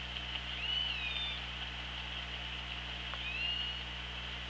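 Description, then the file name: Killer whale calls, two bending tonal cries that rise and drop, about two and a half seconds apart, over constant hiss and a low hum. Underwater, OrcaLab hydrophone, 24 August 2017, 16:24. "Orca Lab UTLN JASON 20170824 162401"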